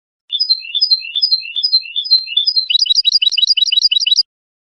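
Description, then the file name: European goldfinch song: a fast run of twittering, liquid chirps, quickening into a denser tinkling burst before stopping abruptly. "audio burung goldfinch"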